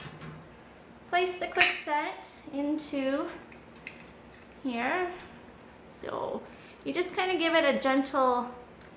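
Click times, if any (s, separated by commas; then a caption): none. Someone talks while handling a plastic Medtronic MiniMed QuickSet infusion set, still in its packaging, as it is being set into its spring-loaded plastic inserter to be pressed down until it locks. Faint brief ticks are heard around 3.5 and 3.9 seconds. The clip ends before the set goes home, so nothing has seated or clicked yet.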